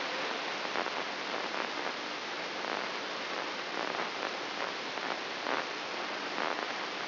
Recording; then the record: brain microelectrode recording played as sound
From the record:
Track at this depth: inside the subthalamic nucleus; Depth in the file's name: 6.261 mm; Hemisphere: left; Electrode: 3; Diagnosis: Parkinson's disease